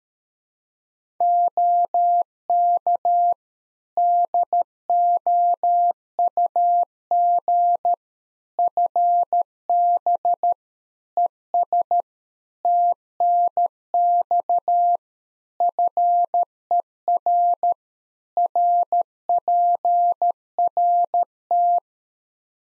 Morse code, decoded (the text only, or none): OK DOUG FB ES TNX FER RPRT